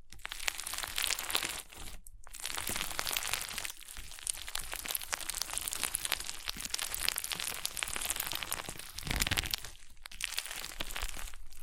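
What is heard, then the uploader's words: Crunchy slime being squeezed and pressed, a dense run of tiny crackles and pops that barely lets up. The crackling is bright and busy, with brief pauses near two seconds and again around nine and ten seconds. ASMR Satisfying Crunchy Slime (No Talking).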